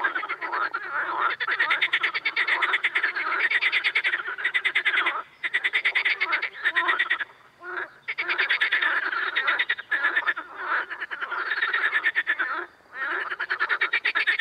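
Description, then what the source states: Amphibians in a chorus of fast, trilling croaks in long bursts, broken by short silent gaps. Amphibian ambience.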